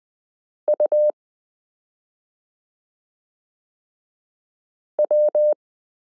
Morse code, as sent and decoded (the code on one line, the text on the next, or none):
..- .--
UW